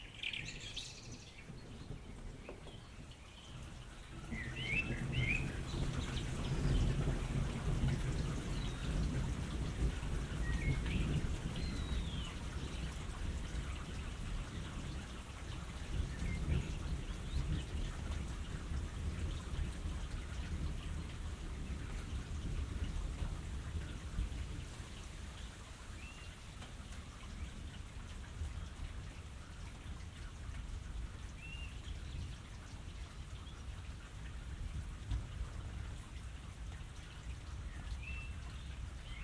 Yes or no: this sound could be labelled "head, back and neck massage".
no